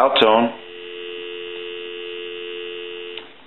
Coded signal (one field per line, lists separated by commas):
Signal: telephone call progress tone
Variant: North America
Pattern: dial tone